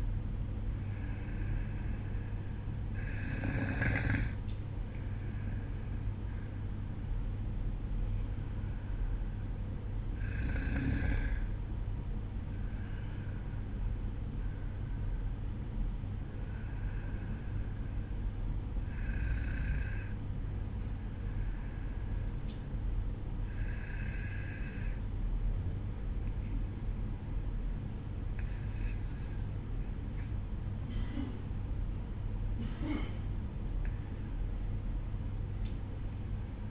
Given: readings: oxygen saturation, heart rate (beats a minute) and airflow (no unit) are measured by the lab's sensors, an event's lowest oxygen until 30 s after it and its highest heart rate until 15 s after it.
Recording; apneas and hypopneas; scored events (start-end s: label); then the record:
breathing in sleep by a smartphone at the bedside; none
none scored
From the record:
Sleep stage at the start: N2 (light sleep); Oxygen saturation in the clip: 93 to 95%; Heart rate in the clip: 50 to 60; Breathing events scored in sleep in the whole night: 305 in 9.6 hours asleep